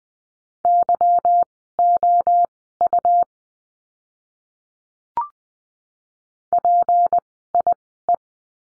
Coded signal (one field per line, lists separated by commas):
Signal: Morse code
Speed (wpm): 20 wpm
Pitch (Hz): 700 Hz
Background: none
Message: YOU PIE